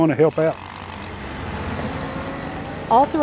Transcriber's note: soundbite of machine revving